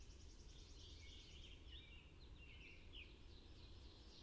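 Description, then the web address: Scarlet tanager song, a series of hoarse, burry warbled phrases in quick succession, faint over a steady low rumble of background noise. "Songs of Birds of North America Know Your Bird Sounds Common Western Species. Scarlet Tanager"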